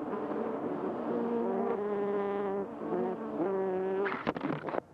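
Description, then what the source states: Bees droning with a steady buzzing tone, ending in a few short rustling clicks. Recorded 28 May 2005.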